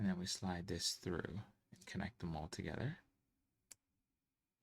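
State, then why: Seated. Someone talks while a plastic building-set piece is slid through and connected to the others in a LEGO Technic 42158 NASA Mars Rover Perseverance model assembly. After the talking stops, the piece snaps into place with one sharp, brief click at 3.7 s, and the part is seated.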